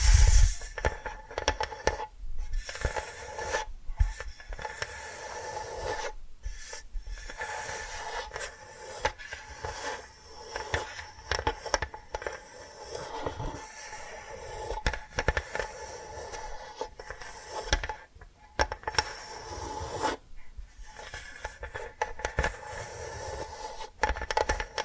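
Tapping and scratching sounds continue for the whole stretch, a dense, bright rasping texture broken by short pauses about every second or two. Sharp taps and scrapes punctuate it irregularly, while the overall level stays fairly even throughout.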